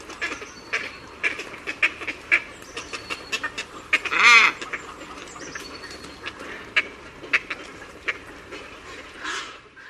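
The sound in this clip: Bird calls, many short clipped chattering notes from a flock, with one loud harsh drawn-out call standing out partway through.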